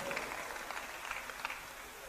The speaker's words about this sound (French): Applaudissons encore pour le Seigneur.